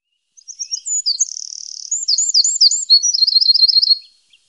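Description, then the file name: Eurasian wren song: one loud, very high, fast burst of twittering notes and buzzy trills lasting about three and a half seconds, ending abruptly. "Gardsmyg"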